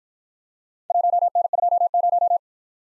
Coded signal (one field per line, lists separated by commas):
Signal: Morse code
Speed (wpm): 51 wpm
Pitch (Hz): 700 Hz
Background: none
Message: 1N20